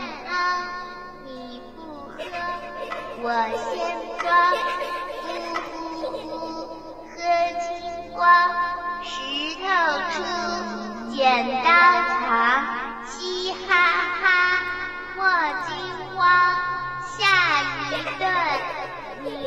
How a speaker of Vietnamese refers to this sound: Xung quanh vắng lặng như tờ, chỉ còn lại âm thanh vọng lại xa xăm từ một nơi nào đó trong bệnh viện. Là ai đó đang bật một bài hát. Một bài hát đồng dao của đám trẻ con Trung Quốc vẫn cứ vang lên từ trên cái đài radio cũ rè rè.